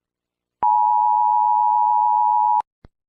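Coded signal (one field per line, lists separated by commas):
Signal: Emergency Alert System (SAME) tones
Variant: 853 and 960 Hz attention tone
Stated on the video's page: Fictional simulated emergency alert scenario.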